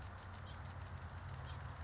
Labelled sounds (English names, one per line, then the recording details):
House Finch
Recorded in Sonoma County, California